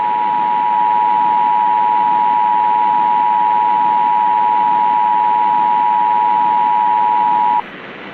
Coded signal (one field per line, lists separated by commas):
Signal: Emergency Alert System (SAME) tones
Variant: 853 and 960 Hz attention tone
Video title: The Mile High Maniac (EAS / ANALOG HORROR)